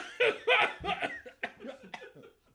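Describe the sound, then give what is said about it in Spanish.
Two loud, harsh coughs in quick succession, followed by a string of smaller raspy coughs and throat-clearing bursts that trail off unevenly. “Y voy a toser un poco.”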